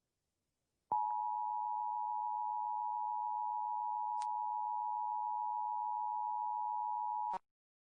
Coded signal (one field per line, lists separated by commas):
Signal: Emergency Alert System (SAME) tones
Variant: 853 and 960 Hz attention tone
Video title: Top 10 EMERGENCY ALERT SYSTEMS INTERRUPTIONS